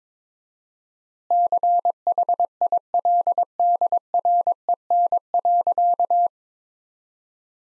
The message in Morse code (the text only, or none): CHILDREN.